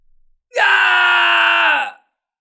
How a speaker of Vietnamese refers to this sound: Một tiếng đau đớn truyền khắp, chấn động non sông. Dù cho trong sa mạc thì cũng nghe rất rõ ràng, một lão chí tôn như muốn bỏ mình, dừng chân ở cuối cuộc đời của mình.